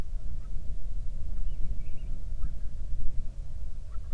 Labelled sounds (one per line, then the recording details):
bird
wind
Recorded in the Prudhoe Bay oil fields, Alaska, on 31 July 2019 at 08:04
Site 24